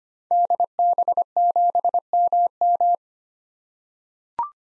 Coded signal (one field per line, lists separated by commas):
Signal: Morse code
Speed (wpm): 25 wpm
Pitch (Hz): 700 Hz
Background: none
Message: DB7MM